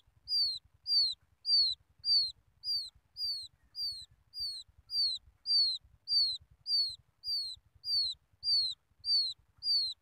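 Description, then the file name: Quail chick calling with sharp, high, downslurred peeps in an even series, a little under twice per second. Quail chick calling its mother. "tieng cut con goi me"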